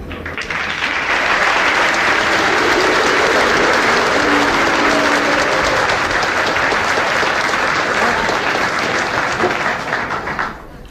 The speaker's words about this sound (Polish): I te brawa, i specjalnie nie ucinam tych braw, dlatego że chcę państwu pokazać. On był naprawdę uwielbiany. Jak się pojawił w podwieczorku przy mikrofonie, to ludzie po prostu, on, jak to się mówi dzisiaj, skradł cały show.